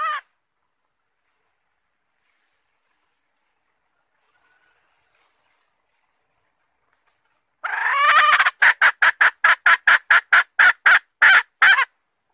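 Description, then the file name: Red junglefowl: long quiet stretch, then a red junglefowl hen breaks into a harsh extended note followed by a rapid string of short cackles. Hen calling to find a mate. "tieng ga rung mai keu tim kiem ban tinh"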